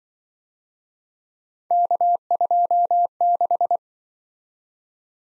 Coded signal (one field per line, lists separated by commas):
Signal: Morse code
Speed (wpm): 26 wpm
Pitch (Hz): 700 Hz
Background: none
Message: K26